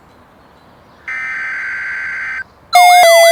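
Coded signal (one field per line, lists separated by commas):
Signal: Emergency Alert System (SAME) tones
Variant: header bursts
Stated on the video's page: Fictional scenario of a derecho storm, including a tornado emergency.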